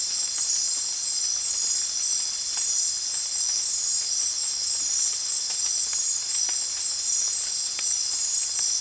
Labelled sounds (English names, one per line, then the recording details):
none
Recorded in dense forest near Puerto Asís, Putumayo, Colombia, on 8 March 2025 at 01:30
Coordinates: 0.503, -76.323
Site GP09